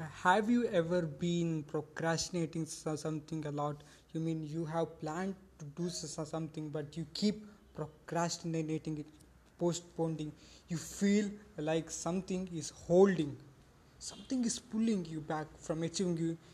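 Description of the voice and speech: An adult man who stammers often speaks at a steady pace with mostly clear voicing. He stretches initial sounds before several words, such as a drawn-out 's' before 'something' twice and a held 'p' before 'procrastinating'. These sound prolongations fit mild stuttering.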